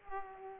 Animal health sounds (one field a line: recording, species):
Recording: mosquito wingbeat signal from an infrared sensor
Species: Culex pipiens